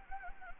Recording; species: mosquito wingbeat signal from an infrared sensor; Anopheles gambiae